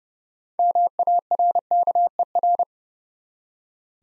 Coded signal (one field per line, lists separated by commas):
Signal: Morse code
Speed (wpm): 30 wpm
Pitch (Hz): 700 Hz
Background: none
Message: MARKER